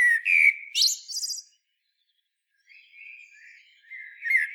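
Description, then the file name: Common blackbird gives a loud fluty phrase ending in a high buzzy twitter, followed by soft warbling after a brief silence. "Turdus merula"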